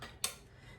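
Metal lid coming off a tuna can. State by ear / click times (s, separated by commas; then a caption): released / 0.2 s. After a can opener has cut all the way around, the metal lid of a tuna can pops free. There is a sharp metallic hit at 0.2 seconds against faint background noise, and the lid comes off.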